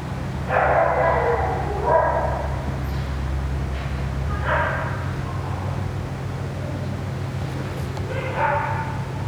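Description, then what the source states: Dog whining in a long wavering cry at the start, then shorter cries spaced a few seconds apart, over a persistent low droning hum. Dog crying near a ventilation system.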